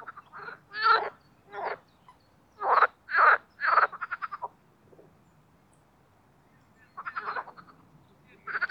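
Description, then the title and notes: Marsh frog croaks in short pulsed bursts, a cluster of calls early, a quiet stretch of about two and a half seconds, then fresh croaking resumes. Mating chorus in spring in an artificial pond made for boating, Oise, France; cold preceding night, slow start. "au Parc Chédeville dans l'Oise. des grenouilles rieuses"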